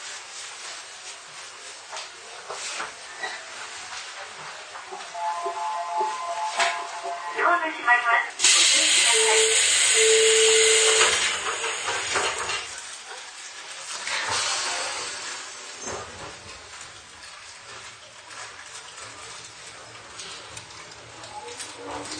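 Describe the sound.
An Izuhakone Railway 3000 series steel train runs with steady rolling noise, brief whining tones, then a loud hiss of air around ten seconds.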